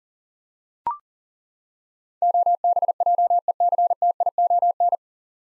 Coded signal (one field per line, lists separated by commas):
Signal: Morse code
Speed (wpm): 40 wpm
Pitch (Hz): 700 Hz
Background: none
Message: OBJECTION